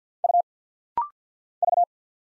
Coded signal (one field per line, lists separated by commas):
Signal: Morse code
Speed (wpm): 50 wpm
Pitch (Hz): 700 Hz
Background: none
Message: U V